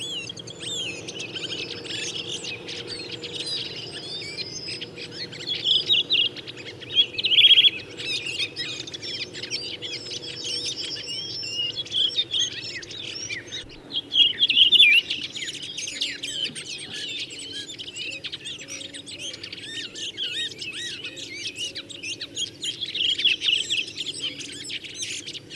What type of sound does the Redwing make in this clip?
song